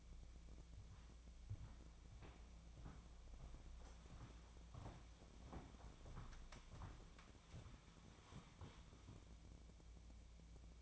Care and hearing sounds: daily activity, microphone in the room; walk to room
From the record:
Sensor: 1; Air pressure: 1000.0 hPa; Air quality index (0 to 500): 132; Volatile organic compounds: 2 ppm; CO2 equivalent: 1256 ppm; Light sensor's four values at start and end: 41/104/44/54 and 42/106/44/55

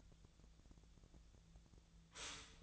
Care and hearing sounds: daily activity, microphone in the room; stop toaster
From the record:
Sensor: 3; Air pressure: 1009.2 hPa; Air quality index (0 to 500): 198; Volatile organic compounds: 16 ppm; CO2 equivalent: 2559 ppm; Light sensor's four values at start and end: 31/78/33/35 and 31/79/33/35

